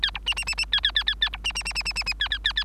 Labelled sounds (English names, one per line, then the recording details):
Bengalese Finch song
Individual Bird3